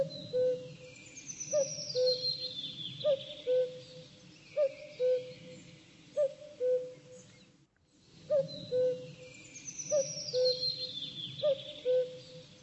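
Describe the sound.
Bird giving low paired hoots, a brief rising note followed by a steadier held one, evenly repeated throughout, with a soft high chatter in the background and a short gap midway.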